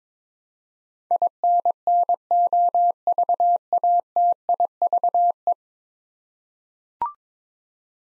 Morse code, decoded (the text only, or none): INNOVATIVE